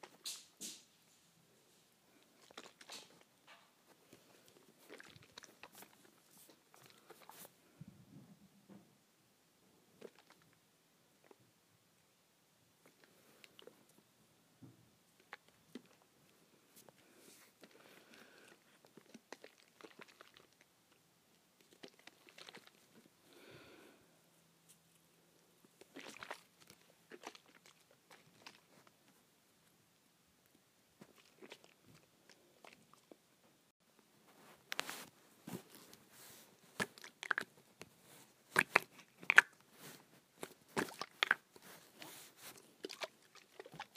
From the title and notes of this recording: ASMR Shaking Hair Spray Bottle.